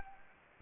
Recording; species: mosquito wingbeat signal from an infrared sensor; Anopheles gambiae